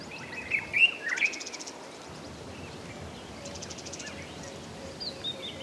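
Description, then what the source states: Birds giving a few quick whistled chirps early on, then soft high trills against steady background hiss. Calm ambience of African bush.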